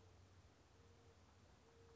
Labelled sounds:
Mourning Dove (Zenaida macroura)

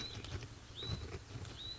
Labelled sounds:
Hutton's Vireo (Vireo huttoni)

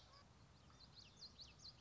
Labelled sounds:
Common Yellowthroat (Geothlypis trichas)

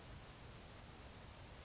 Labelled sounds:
Grasshopper Sparrow (Ammodramus savannarum)

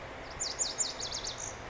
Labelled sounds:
Lazuli Bunting (Passerina amoena)

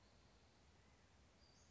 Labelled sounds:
Western Flycatcher (Empidonax difficilis)

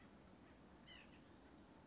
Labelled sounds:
White-breasted Nuthatch (Sitta carolinensis)

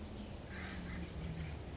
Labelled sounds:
Acorn Woodpecker (Melanerpes formicivorus)

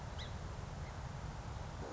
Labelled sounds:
Song Sparrow (Melospiza melodia)

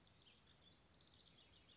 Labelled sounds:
House Wren (Troglodytes aedon)

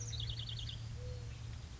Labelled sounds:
Mourning Dove (Zenaida macroura)

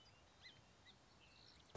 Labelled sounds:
Song Sparrow (Melospiza melodia)

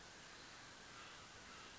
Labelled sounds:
Mountain Quail (Oreortyx pictus)

